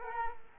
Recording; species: mosquito wingbeat signal from an infrared sensor; Culex quinquefasciatus